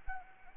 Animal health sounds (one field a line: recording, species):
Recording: mosquito wingbeat signal from an infrared sensor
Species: Anopheles gambiae